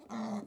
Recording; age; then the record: pig call; piglet (1 to 25 days)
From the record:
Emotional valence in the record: negative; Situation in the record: short isolation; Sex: male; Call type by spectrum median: low-frequency call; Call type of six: mixed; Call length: 0.47 s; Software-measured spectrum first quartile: 217 Hz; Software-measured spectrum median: 373 Hz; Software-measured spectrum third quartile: 956 Hz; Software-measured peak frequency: 219 Hz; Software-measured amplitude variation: 174 dB a second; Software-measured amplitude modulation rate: 16.0 a second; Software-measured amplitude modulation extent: 10.9 dB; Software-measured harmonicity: 6.4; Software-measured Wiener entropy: -0.65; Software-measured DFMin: 1188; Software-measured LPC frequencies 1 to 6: 2011, 3732, 3950, 5649, 6354, 7930 Hz